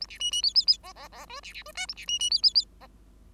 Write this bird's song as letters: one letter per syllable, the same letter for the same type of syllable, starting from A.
A B C C D D D E E E F B B F G A B C C D D D E